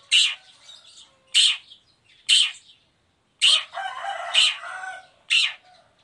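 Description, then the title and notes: Long-tailed shrike making harsh rasping squawks, spaced about a second apart, one followed by a scratchy chattering stretch. Morning song with varied 'toet toet' notes, used as a lure to provoke other shrikes into answering and singing along. "Cendet Gacor Dor Di Kala Pagi Toet Toet Variasi Suara. Pancingan Emosi Cendet Gacor Full Variasi Toet Toet Bikin Nyaut Cendet Lain Langsung Ikutan Bunyi. Burung cendet"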